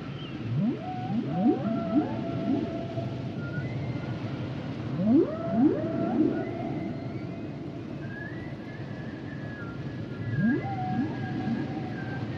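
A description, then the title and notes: Humpback whale calls rise in sweeping upward whoops around one, five and ten seconds, with long wavering tones over a low rumbling wash. The songs and sounds of the humpback whale.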